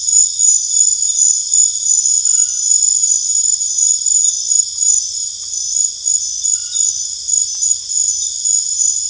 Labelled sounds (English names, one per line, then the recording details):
none
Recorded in dense forest near Puerto Asís, Putumayo, Colombia, on 21 December 2024 at 20:30
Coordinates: 0.484, -76.325
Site G056